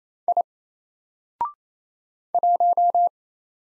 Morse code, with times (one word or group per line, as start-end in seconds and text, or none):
0.3-0.4 I
2.3-3.1 1